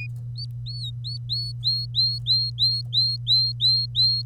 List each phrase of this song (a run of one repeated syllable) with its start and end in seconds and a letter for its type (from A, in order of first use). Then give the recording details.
0.36-4.22 A. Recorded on 25 April 2018 at 07:45. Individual llb3